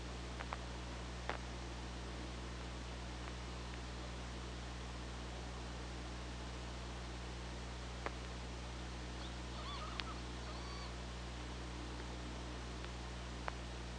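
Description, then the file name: Killer whale sparse clicks, then a short harmonic pulsed call around ten seconds in, over a constant low hum and background hiss. Recorded by OrcaLab hydrophone on 24 August 2017 at 15:43. "Orca Lab UTLN JASON 20170824 154325"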